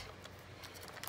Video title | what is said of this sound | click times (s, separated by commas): Let’s Review this E File #lavinda #nails | it's lock it and | 1.1 s